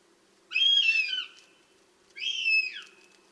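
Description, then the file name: Northern Goshawk begging calls: a pair of loud, harsh, whining cries, each lasting under a second and sagging in pitch at the end, with a faint background hum. Begging calls of young birds at the nest; Tiveden National Park; 8 July 2011, 07:21 in the morning. "patrik berg duvhok-tigglate-boungar-tivedens-np-2011-07-08-kl 07 21"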